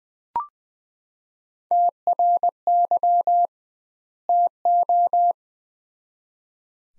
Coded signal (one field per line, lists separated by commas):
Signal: Morse code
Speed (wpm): 20 wpm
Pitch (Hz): 700 Hz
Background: none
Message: TRY TO